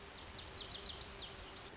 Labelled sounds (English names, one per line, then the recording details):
Lazuli Bunting
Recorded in Sonoma County, California